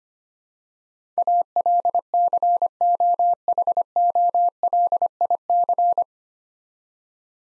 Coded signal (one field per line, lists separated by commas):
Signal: Morse code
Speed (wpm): 25 wpm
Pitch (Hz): 700 Hz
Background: none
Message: ALCOHOLIC